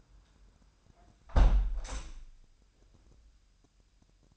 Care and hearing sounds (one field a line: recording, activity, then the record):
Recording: daily activity, microphone in the room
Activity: close window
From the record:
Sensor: 2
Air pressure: 998.4 hPa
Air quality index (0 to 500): 144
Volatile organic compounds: 4 ppm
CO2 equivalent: 1636 ppm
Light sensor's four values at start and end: 9/20/9/10 and 8/20/8/9